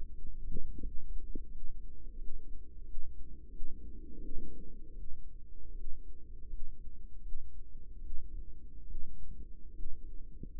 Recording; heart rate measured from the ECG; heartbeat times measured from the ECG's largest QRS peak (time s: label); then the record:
heart sounds by microphone in the right ear; 81 bpm
0.09 s: heartbeat
0.79 s: heartbeat
1.47 s: heartbeat
2.14 s: heartbeat
2.80 s: heartbeat
3.47 s: heartbeat
4.17 s: heartbeat
4.91 s: heartbeat
5.71 s: heartbeat
6.45 s: heartbeat
7.19 s: heartbeat
7.97 s: heartbeat
8.83 s: heartbeat
9.70 s: heartbeat
10.47 s: heartbeat
From the record:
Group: healthy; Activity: rest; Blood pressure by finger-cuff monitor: 127/78 mmHg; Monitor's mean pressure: 91 mmHg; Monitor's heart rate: 80 bpm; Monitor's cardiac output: 6.8 L/min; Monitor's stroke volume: 82 mL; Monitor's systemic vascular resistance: 1010 dyn s/cm5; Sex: female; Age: 22 years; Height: 171 cm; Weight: 65.6 kg